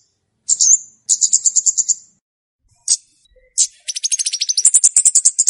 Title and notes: Kicau Untuk Pancing Burung Kemade ( Cabe Cabean). Suara Burung Cabe Cabean Pikat